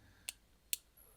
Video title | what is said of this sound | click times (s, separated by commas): KNIFE SALE!!! 10/24/24: Archived Sale Video for Reference Only | fairly positive click | 0.7 s